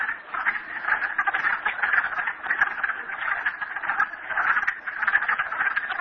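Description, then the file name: Frogs calling in a dense, continuous chorus of overlapping rapid croaks and trills, with a steady mid-pitched wash that pulses slightly in loudness throughout. "frogs merryspring"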